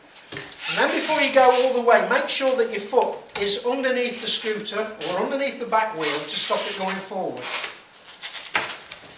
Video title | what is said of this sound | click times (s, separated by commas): EvoMotion DirtKing - Unpack and Assemble | such as so you'll feel it click into place | 8.6 s